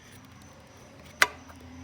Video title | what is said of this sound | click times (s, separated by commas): Replacing Spark Plugs On J Series 3.5 V6 Honda (2008 - 2017) Save Money & Save Time | But you hear that satisfying click, | 1.2 s